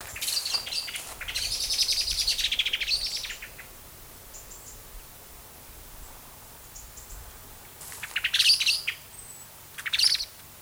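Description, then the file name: Common blackbird giving harsh, rapid chattering calls in a long burst at the start, then a quiet stretch before two shorter chattering bursts near the end. "Turdus merula"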